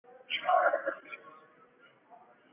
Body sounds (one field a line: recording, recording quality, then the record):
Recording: deep breathing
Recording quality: poor, much background noise or distortion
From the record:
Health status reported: COVID-19 positive, moderate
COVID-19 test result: positive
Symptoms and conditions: muscle pain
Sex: female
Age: 25 years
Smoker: not ticked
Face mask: not worn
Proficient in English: yes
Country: India